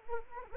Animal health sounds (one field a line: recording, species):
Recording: mosquito wingbeat signal from an infrared sensor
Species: Anopheles arabiensis